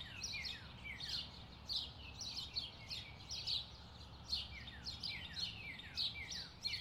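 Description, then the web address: Bird chorus of bright, rapid chirps and descending twitters, repeated in quick bursts, with a constant low hum beneath. Distant birds in a park. "sound-effects-bible Park Birds Distant"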